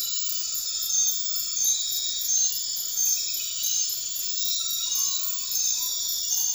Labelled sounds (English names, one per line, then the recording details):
none
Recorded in dense forest near Puerto Asís, Putumayo, Colombia, on 12 March 2025 at 23:00
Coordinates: 0.500, -76.322
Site GP06